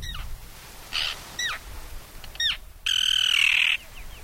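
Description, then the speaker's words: Common tern calls: short sharp downslurred notes at irregular intervals, then a longer harsh grating note lasting about a second, over low background rumble. Call to be broadcast to attract terns to new nesting areas on Lake Erie breakwalls. "This is the sound of a common tern."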